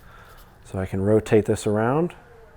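Someone talks while handling the steel cylinder of an antique revolving flintlock shotgun, about to rotate it so the next chamber lines up and the spring lever arm snaps forward to lock it into the frame. Only speech is heard, with no mechanical snap. The clip ends before the cylinder locks, so nothing has seated or clicked yet.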